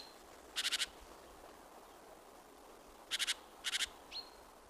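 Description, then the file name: Great tit calls: three short buzzy rattles of four pulses each and two faint thin whistles, set against a fairly noisy hiss. "Parus major"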